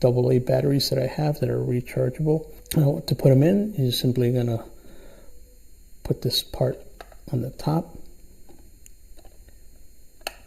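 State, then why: Seated. Someone talks while placing the AA battery holder attachment, loaded with rechargeable AA batteries, on top of a Bower universal battery charger. Quiet handling sounds and faint ticks follow as the part is pushed up until it is secure. It clicks into place at 10.3 seconds, meaning it is connected and charging.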